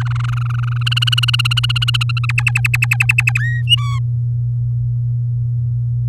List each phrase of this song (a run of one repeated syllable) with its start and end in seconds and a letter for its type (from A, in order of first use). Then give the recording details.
0.00-0.83 A, 0.86-1.66 B, 1.69-1.72 C, 1.75-2.26 B, 2.29-3.40 D, 3.41-3.62 E, 3.67-3.99 F. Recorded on 8 May 2018 at 15:32. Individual llb16